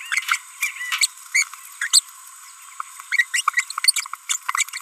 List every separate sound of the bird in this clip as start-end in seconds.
0.12-0.20, 1.01-1.06, 1.35-1.47, 1.81-1.88, 1.93-2.00, 3.12-3.23, 3.34-3.41, 3.84-3.91, 4.29-4.37, 4.73-4.81